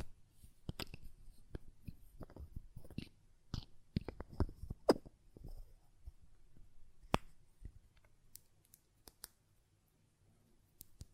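Glass perfume bottle tapping and lid sounds: sharp, bright clicks and taps come in irregular bursts, densest in the first five seconds. After that the taps thin out to scattered single clinks. A low, soft rustle sits under the hits throughout.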